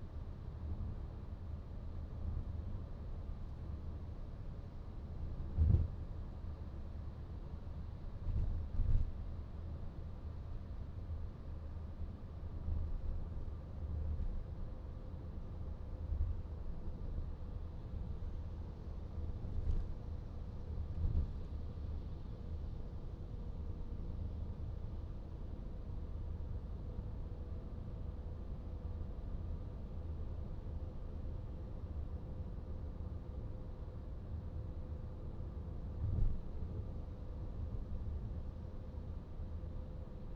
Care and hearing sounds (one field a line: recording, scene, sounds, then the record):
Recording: everyday scene through a hearing-aid microphone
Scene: in a vehicle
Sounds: engine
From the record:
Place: VW T5 Caravelle, diesel engine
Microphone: in the ear canal, right